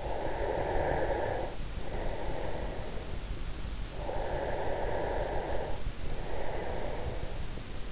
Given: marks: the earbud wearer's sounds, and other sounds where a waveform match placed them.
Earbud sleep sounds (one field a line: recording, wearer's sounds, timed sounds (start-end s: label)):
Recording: sounds in sleep by an in-ear microphone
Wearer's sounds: breath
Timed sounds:
0.02-3.26 s: breath
4.05-7.92 s: breath